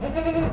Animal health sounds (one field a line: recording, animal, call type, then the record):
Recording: contact call of a hoofed animal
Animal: goat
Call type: low-frequency (closed-mouth) or high-frequency (open-mouth) call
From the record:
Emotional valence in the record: positive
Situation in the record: food anticipation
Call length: 0.53 s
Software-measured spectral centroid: 1230 Hz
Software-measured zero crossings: 1020 a second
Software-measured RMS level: -24 dBFS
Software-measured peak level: -12 dBFS